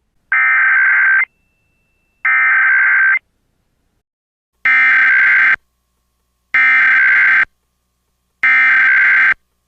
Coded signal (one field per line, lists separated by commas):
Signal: Emergency Alert System (SAME) tones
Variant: header bursts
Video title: EAS Mock: Message for the Radioactive Queen